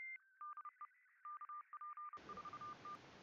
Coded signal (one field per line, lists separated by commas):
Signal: Morse code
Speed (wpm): 30 wpm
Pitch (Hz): 1200 Hz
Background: none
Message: DE KP4T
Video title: N6NA SSTV Net ISS Picture Night - 10/7/2020